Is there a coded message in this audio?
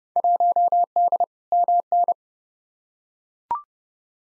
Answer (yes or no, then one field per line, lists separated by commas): yes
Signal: Morse code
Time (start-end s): 0.2-2.1 s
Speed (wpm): 30 wpm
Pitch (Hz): 700 Hz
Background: none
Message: 1D MN